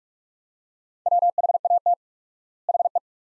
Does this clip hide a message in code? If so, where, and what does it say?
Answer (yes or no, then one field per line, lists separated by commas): yes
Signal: Morse code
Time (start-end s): 1.1-3.0 s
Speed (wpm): 45 wpm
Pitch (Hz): 700 Hz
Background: none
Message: WHAT HE